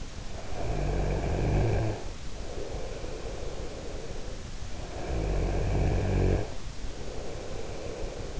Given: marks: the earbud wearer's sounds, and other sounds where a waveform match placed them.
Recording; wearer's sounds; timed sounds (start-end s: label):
sounds in sleep by an in-ear microphone; snoring breath
0.39-4.43 s: snoring breath
4.67-8.40 s: snoring breath